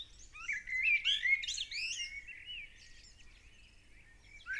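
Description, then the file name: Common blackbird song: a mellow, fluty warbled phrase that breaks into a high, squeaky twitter, then quieter scratchy notes and a fresh fluty start at the end. "Turdus merula"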